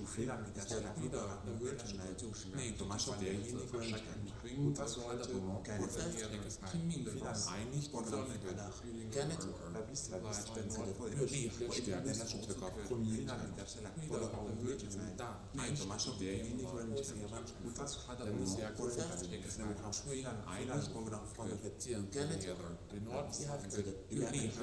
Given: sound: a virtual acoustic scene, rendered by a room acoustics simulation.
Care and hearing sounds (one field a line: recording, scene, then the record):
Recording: noise of the scene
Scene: underground station, no trains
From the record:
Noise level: 70 dB SPL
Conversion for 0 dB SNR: 0.7 dB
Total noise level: 70.7 dB SPL